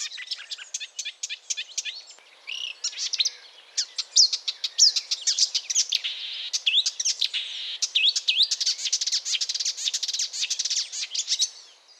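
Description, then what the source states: Marsh Warbler song: a fast, dense, highly varied stream of high chirps, clicks and trills, changing constantly. Quiet song, joyful and full of verve, very varied and playful, containing borrowings from other species; does not stand out among other birds at first hearing.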